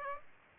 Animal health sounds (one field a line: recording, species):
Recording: mosquito wingbeat signal from an infrared sensor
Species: Aedes aegypti